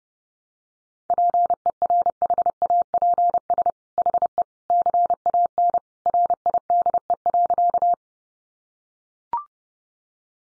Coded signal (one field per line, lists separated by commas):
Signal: Morse code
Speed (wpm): 30 wpm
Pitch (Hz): 700 Hz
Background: none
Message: PERHAPS HE CAN RIDE.